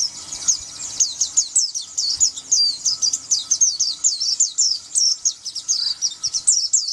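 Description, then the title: White-eye singing a fast, steady series of high, thin chirps and twitters, delivered almost without pause throughout. "Pleci"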